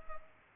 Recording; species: mosquito wingbeat signal from an infrared sensor; Culex pipiens